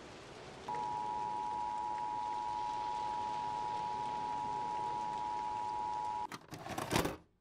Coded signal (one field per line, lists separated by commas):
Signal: Emergency Alert System (SAME) tones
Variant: 853 and 960 Hz attention tone